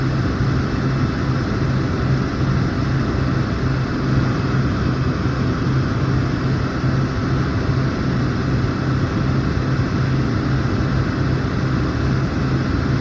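A hair dryer runs without pause, a dense, even rush of air with a low motor hum underneath. There is a faint steady tone near the bottom and a slight flutter, but no change in level from start to finish and no other sounds.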